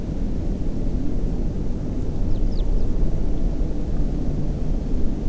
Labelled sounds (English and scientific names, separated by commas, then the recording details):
Eurasian Skylark (Alauda arvensis)
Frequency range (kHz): Eurasian Skylark (Alauda arvensis) 2.7-6.0 kHz
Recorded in France